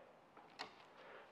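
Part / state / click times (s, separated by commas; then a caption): film negative holder into film scanner slot / seated / 0.6 s. A plastic negative film holder is pushed into the slot of a Plustek 8200i film scanner. After a faint tick at 0.4 s, a sharp click at 0.6 s marks the holder dropping into the first detent stop. The holder is seated at that stop.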